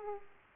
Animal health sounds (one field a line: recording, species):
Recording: mosquito wingbeat signal from an infrared sensor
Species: Aedes aegypti